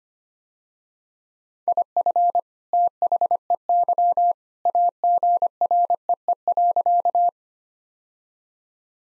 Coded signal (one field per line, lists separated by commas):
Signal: Morse code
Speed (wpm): 25 wpm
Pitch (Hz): 700 Hz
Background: none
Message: IF THEY AGREE.